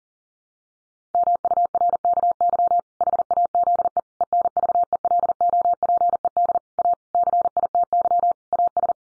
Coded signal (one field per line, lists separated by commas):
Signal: Morse code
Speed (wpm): 40 wpm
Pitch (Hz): 700 Hz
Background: none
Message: MURKY HAZE ENVELOPED A CITY AS